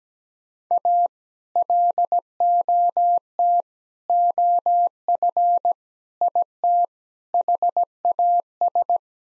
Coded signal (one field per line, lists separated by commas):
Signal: Morse code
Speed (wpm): 17 wpm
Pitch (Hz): 700 Hz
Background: none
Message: A LOT OF IT HAS